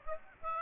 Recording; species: mosquito wingbeat signal from an infrared sensor; Aedes aegypti